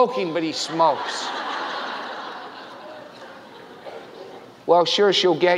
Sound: laughter

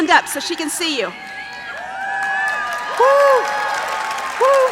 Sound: cheers

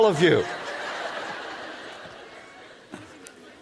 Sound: laughter

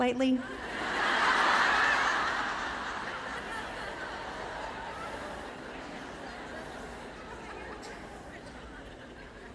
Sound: laughter

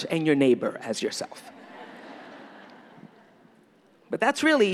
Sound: laughter

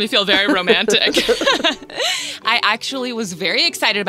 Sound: laughter

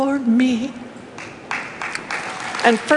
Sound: applause

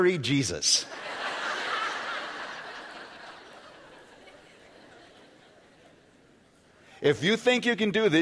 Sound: laughter

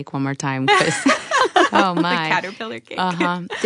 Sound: laughter

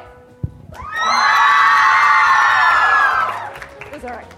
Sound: cheers

